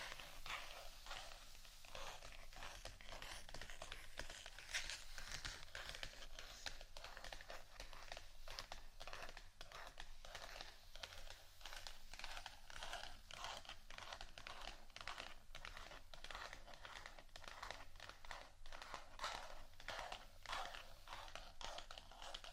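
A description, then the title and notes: Continuous dry scratching runs the whole way through in dense, rapid strokes, bright and crinkly, with a steady low hum underneath. ASMR Scratching Only（No Talking）.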